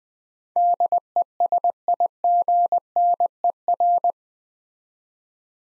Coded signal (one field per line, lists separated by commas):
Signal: Morse code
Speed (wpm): 20 wpm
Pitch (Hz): 700 Hz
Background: none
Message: DESIGNER